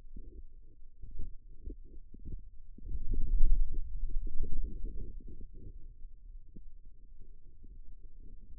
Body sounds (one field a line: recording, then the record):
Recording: forearm muscle sounds (acoustic myography)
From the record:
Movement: pen grasping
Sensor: system 2, bracelet of six BSWA MPA416 microphones around the upper forearm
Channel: 6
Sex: male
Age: 22 years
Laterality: right